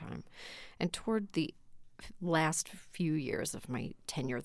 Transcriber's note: none